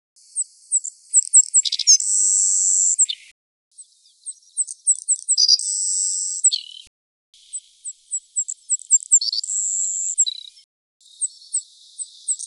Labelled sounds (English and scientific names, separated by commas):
Savannah Sparrow (Passerculus sandwichensis) song